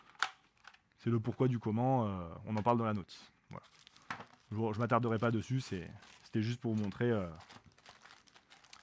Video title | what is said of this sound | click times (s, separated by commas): Kit bouche d'extraction autoréglable Aldes - Présentation | Voilà, ça va se clipser dessus. Voilà. | 0.2 s